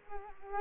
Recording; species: mosquito wingbeat signal from an infrared sensor; Culex quinquefasciatus